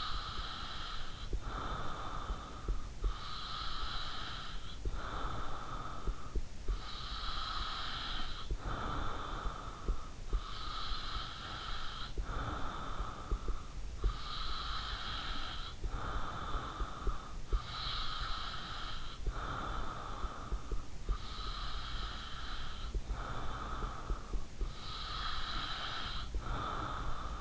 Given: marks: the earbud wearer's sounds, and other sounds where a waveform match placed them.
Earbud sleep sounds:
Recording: sounds in sleep by an in-ear microphone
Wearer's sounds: breath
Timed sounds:
0.00-27.41 s: breath

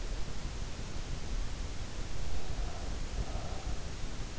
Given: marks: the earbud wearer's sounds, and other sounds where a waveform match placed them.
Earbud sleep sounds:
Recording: sounds in sleep by an in-ear microphone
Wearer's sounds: breath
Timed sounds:
2.01-3.80 s: breath

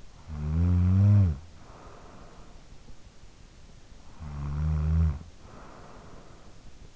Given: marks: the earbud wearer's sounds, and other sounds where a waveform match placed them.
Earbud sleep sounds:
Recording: sounds in sleep by an in-ear microphone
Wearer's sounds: snoring breath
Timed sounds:
0.00-2.86 s: snoring breath
3.92-6.81 s: snoring breath

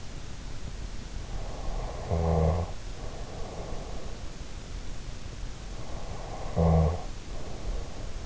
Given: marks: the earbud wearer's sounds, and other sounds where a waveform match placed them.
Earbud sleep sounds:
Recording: sounds in sleep by an in-ear microphone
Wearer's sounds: snoring breath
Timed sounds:
1.55-4.16 s: snoring breath
5.91-8.26 s: snoring breath

